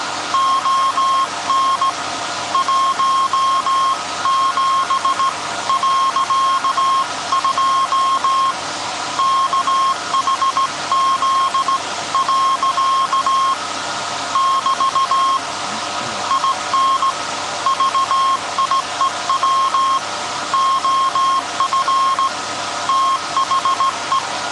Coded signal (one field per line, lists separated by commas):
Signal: Morse code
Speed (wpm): 17 wpm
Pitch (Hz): 1070 Hz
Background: none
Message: ON 17.2 KHZ. <BT> IN VIEW OF THE